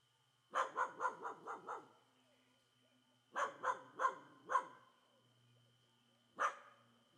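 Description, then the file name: Dogs barking in a quick run of six loud barks, a pause, another run of four, then one final bark, over a faint constant hum. Several dogs barking loudly in a quiet street in Comunidade do Moinho. "Cachorros Latindo forte em rua pouco movimentada na Comunidade do Moinho"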